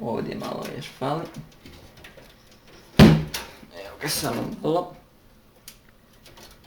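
Someone talks while pressing the remaining edge of a metal motherboard I/O shield into a PC case, with a sharp, loud knock near 3.0 s and softer handling taps around it. The shield has not clicked or seated yet.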